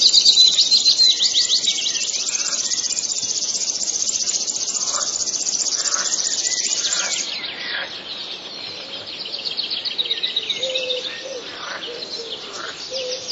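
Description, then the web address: River warbler song: a continuous high, dry, insect-like buzzing for about seven seconds, then fainter, with low whistled notes and other birds calling in the background. "wroblowe kolekcja strumieniowka"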